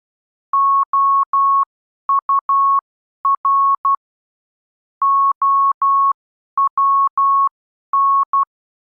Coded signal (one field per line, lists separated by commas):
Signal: Morse code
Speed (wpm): 12 wpm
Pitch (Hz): 1100 Hz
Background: none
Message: OUR OWN